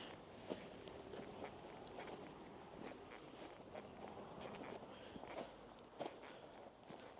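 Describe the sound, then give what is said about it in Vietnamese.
Footsteps crunch through thick snow at night in Aokigahara Forest, Japan, at a steady walking pace, each step a gritty, crackling burst over a soft hiss, with no talking. “Đó, tuyết dày quá ha. Cái này là sợ trượt chân té như chơi em.”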